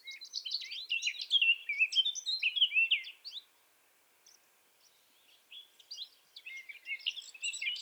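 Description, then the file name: Eurasian blackcap warbling song, a rapid chattering burst of high notes for about three seconds, a quiet gap, then softer scattered phrases resuming toward the end. "Sylvia atricapilla"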